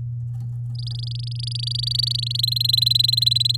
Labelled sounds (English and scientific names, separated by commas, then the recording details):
Domestic Canary (Serinus canaria) song
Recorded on 11 May 2018 at 08:16
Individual llb16